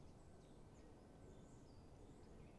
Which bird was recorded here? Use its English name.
Great Spotted Woodpecker